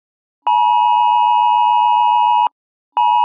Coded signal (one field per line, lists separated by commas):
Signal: Emergency Alert System (SAME) tones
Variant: 853 and 960 Hz attention tone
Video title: EAS Scenario - Earth Moving to a Galaxy Collision REMASTERED